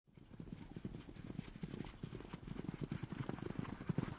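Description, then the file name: Horse hooves pounding in a quick, uneven rhythm, low thudding beats continuing steadily throughout. Several horses at a gallop. "Cavalli al galoppo"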